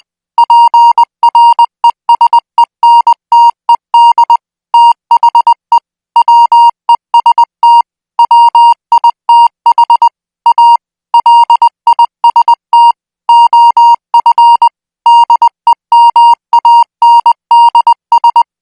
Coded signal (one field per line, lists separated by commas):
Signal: Morse code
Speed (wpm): 20 wpm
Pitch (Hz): 940 Hz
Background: music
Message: PRESENTED THE WEST WITH A LIST OF DEMANDS